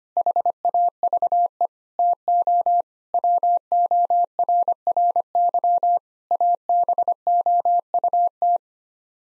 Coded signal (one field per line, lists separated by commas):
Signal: Morse code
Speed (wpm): 25 wpm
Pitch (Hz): 700 Hz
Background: none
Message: HAVE TO WORRY ABOUT